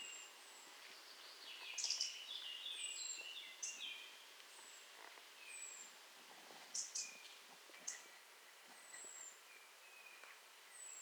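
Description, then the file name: European robin: a brief twittering phrase near the start, then thin high downslurred whistles and a few sharp clicks spaced throughout, over faint background hiss. "Erithacus rubecula"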